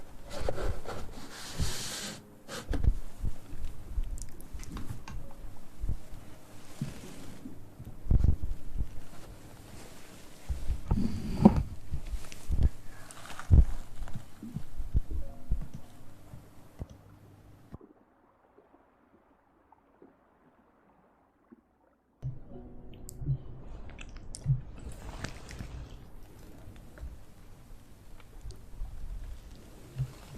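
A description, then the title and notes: Hand movements and mouth sounds: irregular rustles, taps and chewing-like clicks for seventeen seconds, then near silence, before the handling resumes around twenty-two seconds. ASMR Hand Sounds & Movements, Mouth Sounds.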